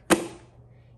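The arched body of a black Microsoft Arc Mouse, a folding wireless mouse, is pressed down flat to switch it off, giving a single sharp click at 0.1 s that fades over a few tenths of a second. The body has seated flat in its off position.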